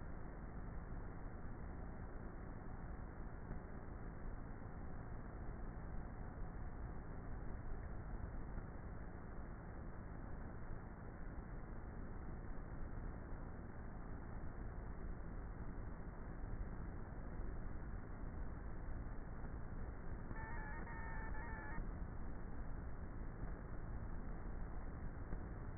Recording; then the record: honeybee colony, microphone inside the hive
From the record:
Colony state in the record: queenless with a low population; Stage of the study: before two queens were removed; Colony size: about 30,000 bees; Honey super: no